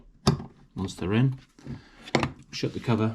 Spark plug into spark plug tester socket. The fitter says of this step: we'll insert one there you can hear a positive click